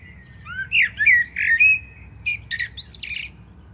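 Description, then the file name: Common blackbird song: low fluted warbling notes that slide and bend, then a brief higher, squeaky twitter to close the phrase. "Turdus merula"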